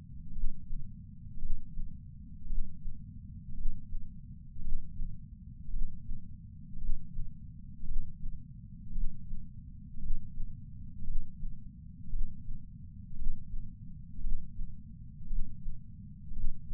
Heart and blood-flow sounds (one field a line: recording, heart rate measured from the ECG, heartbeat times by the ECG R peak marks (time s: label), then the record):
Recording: heart sounds by patch sensor on the chest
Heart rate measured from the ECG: 56 bpm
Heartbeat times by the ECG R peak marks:
0.31 s: heartbeat
1.38 s: heartbeat
2.45 s: heartbeat
3.53 s: heartbeat
4.60 s: heartbeat
5.68 s: heartbeat
6.76 s: heartbeat
7.83 s: heartbeat
8.91 s: heartbeat
9.98 s: heartbeat
11.02 s: heartbeat
12.08 s: heartbeat
13.14 s: heartbeat
14.19 s: heartbeat
15.26 s: heartbeat
16.32 s: heartbeat
From the record:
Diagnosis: coronary artery disease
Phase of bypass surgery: intraoperative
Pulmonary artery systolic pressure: 28 mmHg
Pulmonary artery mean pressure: 14 mmHg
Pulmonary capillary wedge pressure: 11 mmHg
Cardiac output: 5.5 L/min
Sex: male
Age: 57 years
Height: 175 cm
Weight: 80 kg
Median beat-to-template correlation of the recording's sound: 0.94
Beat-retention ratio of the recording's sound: 0.97